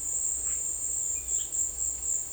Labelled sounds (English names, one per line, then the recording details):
none
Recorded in secondary vegetation near Puerto Asís, Putumayo, Colombia, on 26 December 2024 at 17:00
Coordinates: 0.488, -76.319
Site GP04